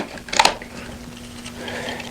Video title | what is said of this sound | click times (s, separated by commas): Best Double Strollers 2017 - Bugaboo Donkey - Vista - City Select Lux - Duallie - Silvercross Wave | and here are the adapters and they're very easy to put on all you do is Click one in | 0.4 s